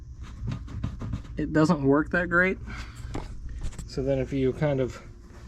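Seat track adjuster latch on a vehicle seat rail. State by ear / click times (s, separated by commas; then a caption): not seated / none. Someone talks while a Jeep Wrangler TJ front seat is handled on its sliding seat rail, with the new underseat lockbox rubbing the seat track adjuster lever, and a few short knocks and rattles are heard. The seat's adjuster latch has not clicked or seated yet.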